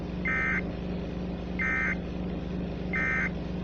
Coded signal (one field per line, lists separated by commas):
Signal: Emergency Alert System (SAME) tones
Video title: Tornado Warning EAS 15